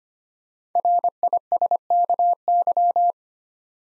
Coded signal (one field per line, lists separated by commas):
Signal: Morse code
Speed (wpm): 25 wpm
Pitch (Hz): 700 Hz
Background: none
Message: RISKY